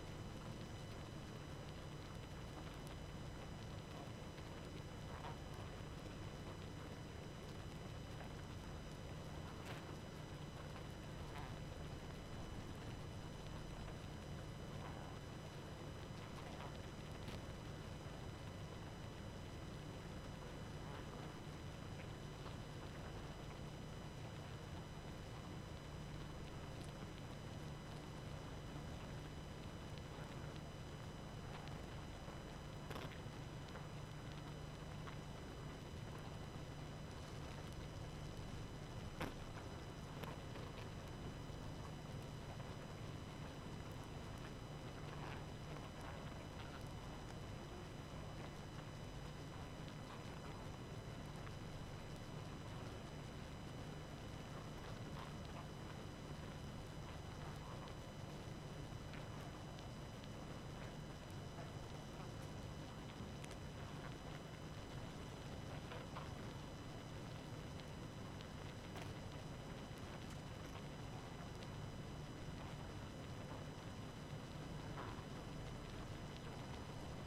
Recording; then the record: honeybee colony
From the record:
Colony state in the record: active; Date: 12 June 2018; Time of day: 23:48